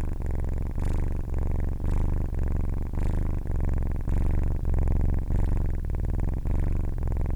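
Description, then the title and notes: Domestic cat purring, a deep rumbling continuous purr that swells and dips with each breath. Young kitten named Leo purring at night, recorded with a Zoom H4n recorder; purr described as rich and bassy. "Purring Kitten. Leo was purring tonight"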